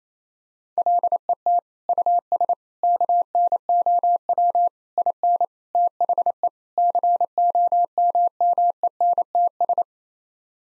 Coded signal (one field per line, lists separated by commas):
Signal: Morse code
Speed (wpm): 27 wpm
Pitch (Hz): 700 Hz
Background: none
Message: LET US KNOW IN THE COMMENTS